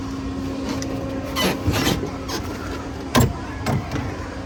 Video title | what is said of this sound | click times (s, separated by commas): I Fat Tested Every Ride at Carowinds - Here's What Happened | you think the light is not coming on and it is not clicking into place so I think driker fails | none